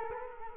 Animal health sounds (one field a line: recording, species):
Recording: mosquito wingbeat signal from an infrared sensor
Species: Culex quinquefasciatus